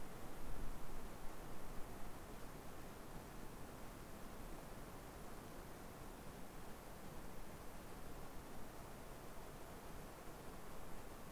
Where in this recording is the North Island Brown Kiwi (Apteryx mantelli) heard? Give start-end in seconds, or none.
none